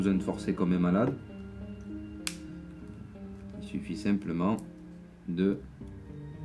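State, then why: Seated. Someone talks while pressing the plastic front housing of a Nokia Lumia 610 around the phone frame over steady background music, with no need for heavy force. A sharp snap at 2.3 s marks another housing clip seating home.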